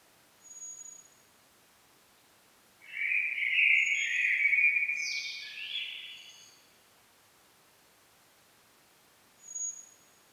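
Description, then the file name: Common blackbird singing one rich, fluty warbled phrase lasting about four seconds, rising into a higher squeaky flourish, with faint thin high notes around it. "Turdus merula"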